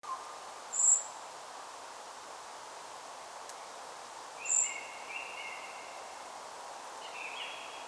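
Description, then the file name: Common blackbird: two high, thin calls roughly four seconds apart, quiet mid-pitched whistled notes trailing them amid soft background noise. "Turdus merula"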